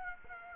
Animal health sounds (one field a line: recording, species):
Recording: mosquito wingbeat signal from an infrared sensor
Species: Aedes aegypti